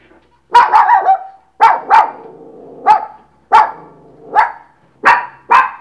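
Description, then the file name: Dog barking in a series of sharp barks, some in quick pairs. "chien"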